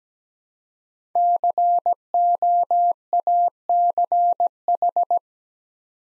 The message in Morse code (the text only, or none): COACH